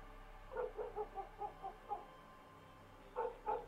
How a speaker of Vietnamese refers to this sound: Nghe tiếng nhốn nháo từ ngoài đường vọng vào, bầy chó trong thôn sủa lên váng cả trời.